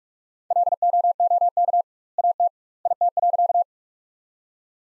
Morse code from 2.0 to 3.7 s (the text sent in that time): AT IT.